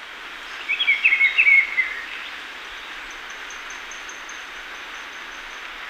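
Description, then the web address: Black-billed peppershrike giving a brief melodious warbled phrase near the start, then only steady hiss with faint high ticking notes. Recorded in Ecuador. "Natures Songs S America Birds of Ecuador Black-billed Peppershrike"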